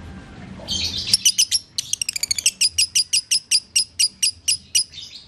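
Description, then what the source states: Lovebird song, starting with a scratchy burst, then a quick stutter of high notes that slows into steady, sharp chirps about three per second. Lovebird masteran (training) track in the konslet singing style.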